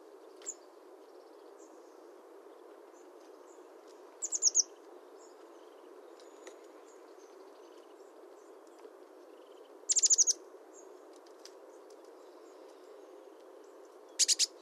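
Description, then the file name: Eurasian blue tit calls: brief, high, thin notes, with three short clusters of rapid notes spread throughout and faint chips between. "Cyanistes caeruleus"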